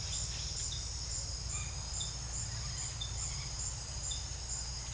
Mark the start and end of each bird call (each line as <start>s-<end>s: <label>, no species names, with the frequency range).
0.00s-0.87s: bird call (2.7-4.4 kHz)
1.52s-3.48s: bird call (0.8-3.5 kHz)